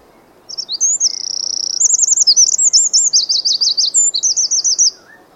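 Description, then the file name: Eurasian wren song: a loud high burst of about four seconds, a thin steady note giving way to rapid rolling trills and chattering zigzag phrases, ending abruptly. "Troglodytes troglodytes"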